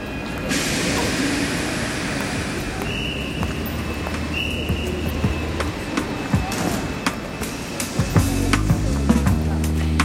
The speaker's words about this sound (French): Paris, fin octobre 82, 8h du matin. Les trains de banlieue déversent sur les quais de la gare d'Austerlitz des quantités d'ouvriers et d'employés.